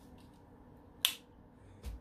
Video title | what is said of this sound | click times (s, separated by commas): Knife Safety & Use Pt 1 | hear it click and what it has it has a liner lock | 1.1 s